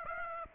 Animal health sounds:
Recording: mosquito wingbeat signal from an infrared sensor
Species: Aedes aegypti

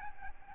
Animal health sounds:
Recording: mosquito wingbeat signal from an infrared sensor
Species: Aedes albopictus

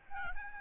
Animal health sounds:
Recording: mosquito wingbeat signal from an infrared sensor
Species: Aedes albopictus

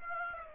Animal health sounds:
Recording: mosquito wingbeat signal from an infrared sensor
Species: Aedes aegypti

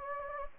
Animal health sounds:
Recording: mosquito wingbeat signal from an infrared sensor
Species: Anopheles gambiae

